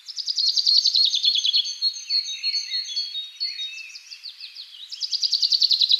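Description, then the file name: Common chaffinch singing a fast descending trill, followed by softer mixed chirps, then a new trill starting near the end. "Fringilla coelebs"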